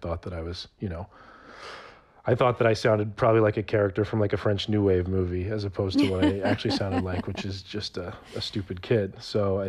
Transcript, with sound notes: And I thought that I was - you know, I thought that I sounded probably like a character from, like, a French new wave movie...
(Laughter).
...As opposed to what I actually sounded like, which is just a stupid kid.